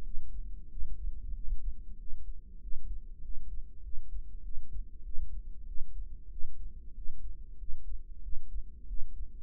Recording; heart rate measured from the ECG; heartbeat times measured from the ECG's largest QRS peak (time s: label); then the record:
heart sounds by microphone in the right ear; 95 bpm
0.04 s: heartbeat
0.70 s: heartbeat
1.35 s: heartbeat
1.99 s: heartbeat
2.62 s: heartbeat
3.23 s: heartbeat
3.84 s: heartbeat
4.44 s: heartbeat
5.05 s: heartbeat
5.67 s: heartbeat
6.31 s: heartbeat
6.96 s: heartbeat
7.60 s: heartbeat
8.23 s: heartbeat
8.88 s: heartbeat
From the record:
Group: healthy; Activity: rest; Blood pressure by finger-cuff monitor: 143/89 mmHg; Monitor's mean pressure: 109 mmHg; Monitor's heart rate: 94 bpm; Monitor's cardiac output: 7.2 L/min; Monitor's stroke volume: 80 mL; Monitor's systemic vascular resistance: 1090 dyn s/cm5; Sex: male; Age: 21 years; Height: 175 cm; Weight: 72.6 kg